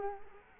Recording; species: mosquito wingbeat signal from an infrared sensor; Culex quinquefasciatus